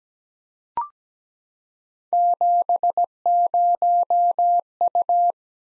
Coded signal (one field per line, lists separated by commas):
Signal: Morse code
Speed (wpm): 17 wpm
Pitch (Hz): 700 Hz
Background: none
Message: 70U